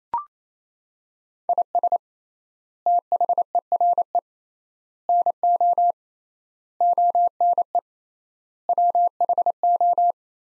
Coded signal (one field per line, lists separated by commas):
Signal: Morse code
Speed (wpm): 28 wpm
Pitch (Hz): 700 Hz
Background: none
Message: IS THERE NO ONE WHO